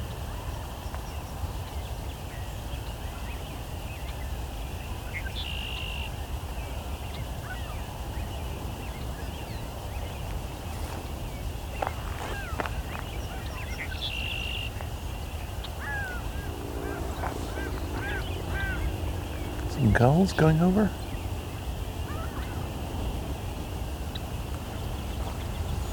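A sunset chorus of birds over a steady low rumble. A high tone appears briefly near 5 and 14 seconds, scattered chirps and calls come through the middle, and a louder honking, goose-like call sweeps down and up around 20 seconds.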